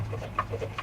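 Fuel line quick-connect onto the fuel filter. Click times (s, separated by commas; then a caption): 0.4 s. On a Chevy Cobalt, a plastic quick-connect fuel line that had been stuck is pushed onto the fuel filter over a low steady hum. It clicks home at 0.4 s, with another short sound at 0.8 s, and the connector is seated.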